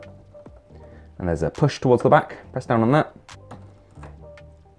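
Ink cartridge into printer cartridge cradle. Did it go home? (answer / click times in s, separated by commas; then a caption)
yes / 3.5 s. An ink cartridge is pushed toward the back of the cartridge cradle of an Epson Expression Home XP-2200/XP-2205 printer and pressed down while someone talks. A sharp click at 3.5 s marks it seating into place, flush with the other cartridges, followed by a few softer taps.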